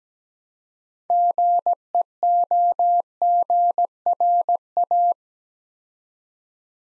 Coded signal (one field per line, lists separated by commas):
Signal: Morse code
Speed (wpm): 17 wpm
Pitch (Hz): 700 Hz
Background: none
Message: GEOGRA